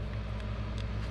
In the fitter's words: and you notice it didn't pop in so we'll do it with the view of the camera